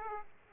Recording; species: mosquito wingbeat signal from an infrared sensor; Aedes aegypti